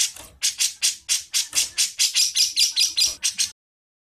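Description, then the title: Bird chatter: a steady run of many rasping, harsh notes lasting about three and a half seconds, then silence. Training recording played to teach songbirds. "Suara masteran Burung"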